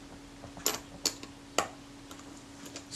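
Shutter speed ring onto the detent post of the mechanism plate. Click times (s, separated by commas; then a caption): 1.6 s. A shutter speed ring on a vintage Kodak Retina IIIc is rotated and seated onto the detent post sticking up from the mechanism plate, with molybdenum paste on the front plate creating the detent for the shutter speeds. Sharp mechanical clicks ring out at about 0.7 s and 1.1 s, followed by the loudest click at 1.6 s, with fainter ticks after it over a steady low hum. At 1.6 s the ring clicks into place on the post and is confirmed engaged.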